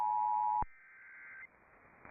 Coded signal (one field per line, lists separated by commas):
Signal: Emergency Alert System (SAME) tones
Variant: header bursts